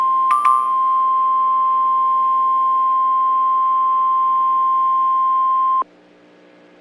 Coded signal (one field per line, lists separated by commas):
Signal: Emergency Alert System (SAME) tones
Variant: 1050 Hz attention tone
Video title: Pancake Citizen EAS Alarm 🚨